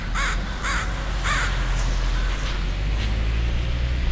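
Crow giving three harsh caws in the first second and a half, then steady low traffic rumble.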